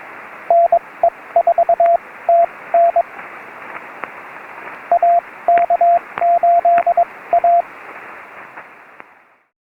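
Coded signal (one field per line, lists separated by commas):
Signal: Morse code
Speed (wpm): 22 wpm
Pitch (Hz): 690 Hz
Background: radio noise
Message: NE4TN AK8A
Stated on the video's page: Summit activation, restored recording.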